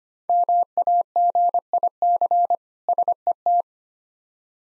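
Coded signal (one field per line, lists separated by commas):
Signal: Morse code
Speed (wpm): 25 wpm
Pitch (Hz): 700 Hz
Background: none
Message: MAGIC SET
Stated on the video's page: Morse practice drill of difficult words with contextual hints, sent at 25 wpm.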